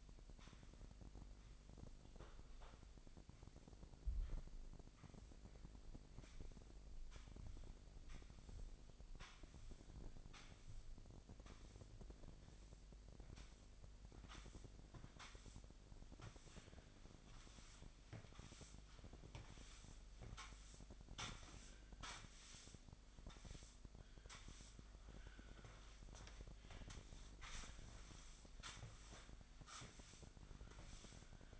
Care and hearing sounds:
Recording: daily activity, microphone in the room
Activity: sweep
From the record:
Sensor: 5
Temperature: 25.1 degrees Celsius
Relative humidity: 39.7%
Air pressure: 1001.7 hPa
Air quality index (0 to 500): 181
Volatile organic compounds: 12 ppm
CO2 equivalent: 2326 ppm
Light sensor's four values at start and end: 28/96/36/38 and 27/90/34/36

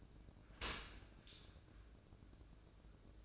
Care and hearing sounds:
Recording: daily activity, microphone in the room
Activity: open dishwasher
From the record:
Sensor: 2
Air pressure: 1012.1 hPa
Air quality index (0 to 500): 147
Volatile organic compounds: 2 ppm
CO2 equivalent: 1076 ppm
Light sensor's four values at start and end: 322/796/322/325 and 324/799/323/326

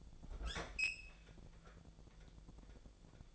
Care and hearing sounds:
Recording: daily activity, microphone in the room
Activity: open fridge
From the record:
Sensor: 5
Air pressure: 1000.2 hPa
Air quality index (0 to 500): 105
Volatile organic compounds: 1 ppm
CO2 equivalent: 846 ppm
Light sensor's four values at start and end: 216/514/218/237 and 219/522/221/241

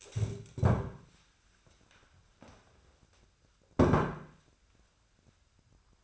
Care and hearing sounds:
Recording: daily activity, microphone in the room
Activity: stand up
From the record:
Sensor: 2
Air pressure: 1015.1 hPa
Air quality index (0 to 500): 128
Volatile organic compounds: 4 ppm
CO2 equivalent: 1639 ppm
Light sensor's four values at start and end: 12/32/12/14 and 10/28/11/12

